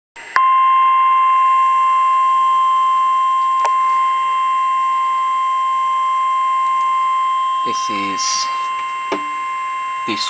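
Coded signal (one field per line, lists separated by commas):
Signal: Emergency Alert System (SAME) tones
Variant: 1050 Hz attention tone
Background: speech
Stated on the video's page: Real severe thunderstorm warning activation recorded from the NOAA Weather Radio online stream.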